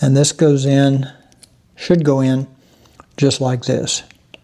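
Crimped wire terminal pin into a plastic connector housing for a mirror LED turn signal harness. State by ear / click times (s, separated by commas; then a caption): not seated / none. A crimped wire terminal pin is handled at a plastic connector housing for a mirror LED turn signal harness while someone talks, with a brief sharp sound near the end at 4.3 s. Nothing has seated or clicked into the housing yet.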